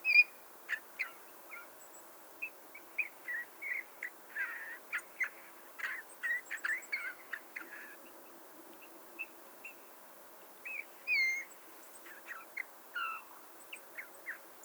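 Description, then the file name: Eurasian bullfinch calls: soft, short piping whistles, some sliding downward, among many brief chirps and clicks. "Pyrrhula pyrrhula"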